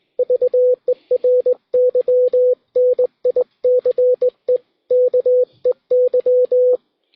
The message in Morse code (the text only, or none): VERY NICE KEY